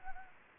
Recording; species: mosquito wingbeat signal from an infrared sensor; Anopheles gambiae